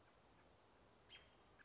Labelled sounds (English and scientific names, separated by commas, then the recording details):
American Robin (Turdus migratorius)
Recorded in Sonoma County, California